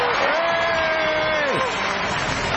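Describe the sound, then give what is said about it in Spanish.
Studio audience applause and cheering in the Estudio Mayor of LR4 Radio Splendid for the late-night magazine show La Hora Doble: a steady, dense wash of clapping fills the whole clip, with a sustained whistle-like whoop that holds its pitch before sliding downward. “¡Fuerte el aplauso nuevamente!”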